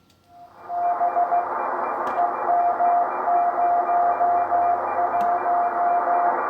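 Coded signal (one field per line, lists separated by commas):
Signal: Morse code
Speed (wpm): 15 wpm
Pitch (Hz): 700 Hz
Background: radio noise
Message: B EM01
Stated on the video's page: CW from an amateur radio beacon heard on air.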